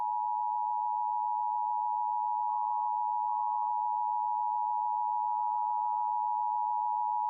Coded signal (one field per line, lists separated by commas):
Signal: Emergency Alert System (SAME) tones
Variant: 853 and 960 Hz attention tone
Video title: Utah EAS Required Monthly Test - KUTV/KSL-TV/KMYU/KSTU, 5/14/2021